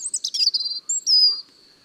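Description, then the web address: European robin singing a brief run of fast, sparkling twitters ending in a clear sustained high note, a constant thin whine beneath. "le rougegorge familier. album cuicui-et-compagnie"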